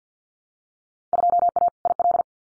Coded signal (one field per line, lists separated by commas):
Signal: Morse code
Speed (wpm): 50 wpm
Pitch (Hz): 700 Hz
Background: none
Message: 2A IL